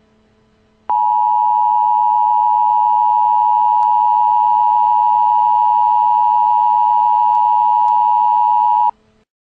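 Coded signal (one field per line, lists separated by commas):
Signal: Emergency Alert System (SAME) tones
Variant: 853 and 960 Hz attention tone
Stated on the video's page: Real tornado and flash flood EAS warnings.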